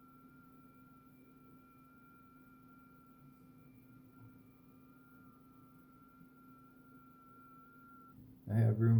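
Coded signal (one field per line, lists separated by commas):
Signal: FT8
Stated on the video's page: FT8 on 80 meters overnight from the west coast working Asia and North America, IC-7610 with WSJT-X, 160 meter loop antenna at 100 feet.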